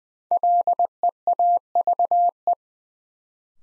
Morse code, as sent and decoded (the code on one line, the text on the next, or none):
.-.. . .- ...- .
LEAVE